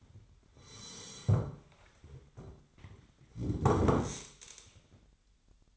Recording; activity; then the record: daily activity, microphone in the room; sit down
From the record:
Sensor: 3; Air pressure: 1008.0 hPa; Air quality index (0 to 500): 190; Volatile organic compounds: 14 ppm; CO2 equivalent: 2444 ppm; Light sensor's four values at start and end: 12/29/12/12 and 12/29/12/12